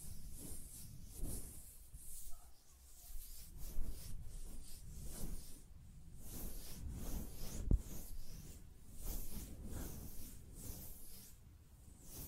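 Hand sounds with soft finger fluttering and light rubbing, a rapid, irregular stream of brushing strokes that swell and fade every second or so. Low thumping mixes with airy hiss on top, and a single sharp click lands near eight seconds.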